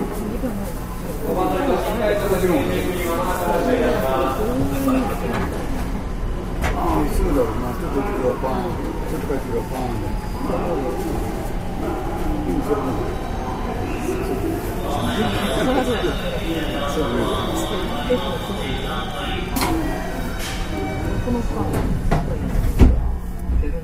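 Inside a Kobe Line special rapid train, a steady low rumble of the running train fills the whole stretch while passengers talk in overlapping voices throughout. A faint high whine rises in the middle and again near the end, with a few sharp clicks and knocks toward the close.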